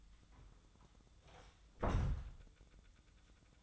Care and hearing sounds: daily activity, microphone in the room; close door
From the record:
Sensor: 3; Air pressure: 1004.8 hPa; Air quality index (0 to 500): 76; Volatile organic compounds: 2 ppm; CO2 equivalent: 1154 ppm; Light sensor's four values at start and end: 8/19/8/7 and 8/19/8/7

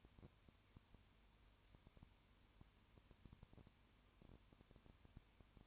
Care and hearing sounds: daily activity, microphone in the room; no activity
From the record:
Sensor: 2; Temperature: 20.8 degrees Celsius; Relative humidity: 38.3%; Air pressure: 1010.5 hPa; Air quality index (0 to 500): 200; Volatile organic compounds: 19 ppm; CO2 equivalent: 2653 ppm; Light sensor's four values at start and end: 2/3/2/2 and 2/3/2/2

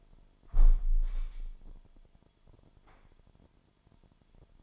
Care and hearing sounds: daily activity, microphone in the room; close window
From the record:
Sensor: 5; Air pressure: 998.1 hPa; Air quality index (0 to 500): 98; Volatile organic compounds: 2 ppm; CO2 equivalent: 1120 ppm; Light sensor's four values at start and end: 27/64/27/29 and 27/64/27/29

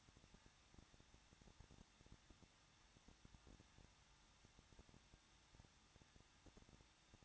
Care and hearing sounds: daily activity, microphone in the room; no activity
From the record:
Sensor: 3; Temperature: 21.2 degrees Celsius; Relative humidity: 36.3%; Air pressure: 1006.3 hPa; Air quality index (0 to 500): 222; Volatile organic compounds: 41 ppm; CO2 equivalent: 3160 ppm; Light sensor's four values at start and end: 2/3/2/2 and 2/3/2/2

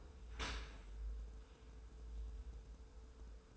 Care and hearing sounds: daily activity, microphone in the room; open dishwasher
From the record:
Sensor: 2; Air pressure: 1014.8 hPa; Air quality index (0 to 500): 26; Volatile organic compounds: 1 ppm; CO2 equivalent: 509 ppm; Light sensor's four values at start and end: 10/22/9/9 and 10/22/9/9

